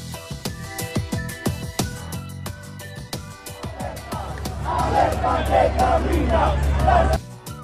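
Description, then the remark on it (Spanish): A large crowd of Gustavo Petro's supporters at his presidential inauguration chanting and shouting in unison about the sword of Bolívar, loud and rhythmic, swelling into a sustained roar of many voices before cutting off abruptly. “Ahí está el grito de los adeptos de Gustavo Petro que le acompañaban.”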